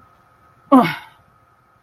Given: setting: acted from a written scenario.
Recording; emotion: vocal sound without words; disappointment